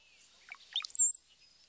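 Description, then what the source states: Brown-headed Cowbird song: a brief cluster of gurgling, bubbly notes followed by one very high, thin whistle that slides upward. Song combines a high-pitched Z note with a diagnostic bubbly sound: bubble, bubble, Z.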